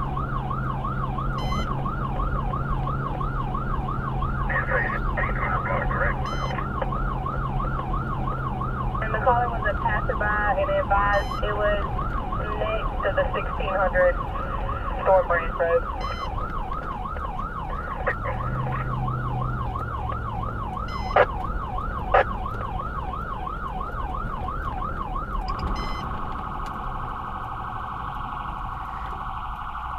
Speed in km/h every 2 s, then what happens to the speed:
90, 90, 92, 92, 92, 92, 89, 82, 74, 72, 76, 76, 66, 58, 18.
0-11 steady at about 92. 11-17 slows to 72. 17-23 steady at about 76. 23-30 brakes to 18.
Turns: none.